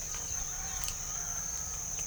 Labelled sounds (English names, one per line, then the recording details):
none
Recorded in pastures near Puerto Asís, Putumayo, Colombia, on 22 December 2024 at 07:00
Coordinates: 0.497, -76.327
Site G088